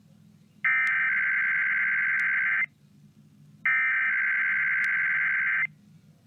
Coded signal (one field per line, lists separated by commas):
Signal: Emergency Alert System (SAME) tones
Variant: header bursts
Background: speech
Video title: Sunday Morning Weeklies (EAS #2920-2922)